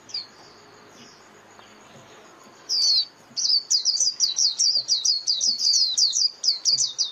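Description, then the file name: White-eye: near silence, then one high slurred note followed by a long, rapid series of thin, high, warbling chirps. Lure call used for trapping white-eyes, known as mồi. "Tieng khuyen moi"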